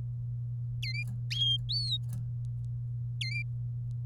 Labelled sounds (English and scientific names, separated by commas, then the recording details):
Domestic Canary (Serinus canaria) song
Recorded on 26 April 2018 at 07:42
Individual llb3